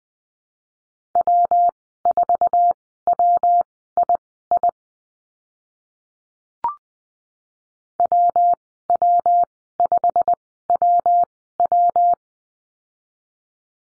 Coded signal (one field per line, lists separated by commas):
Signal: Morse code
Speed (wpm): 20 wpm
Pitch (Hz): 700 Hz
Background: none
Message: W4WII WW5WW